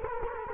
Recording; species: mosquito wingbeat signal from an infrared sensor; Culex quinquefasciatus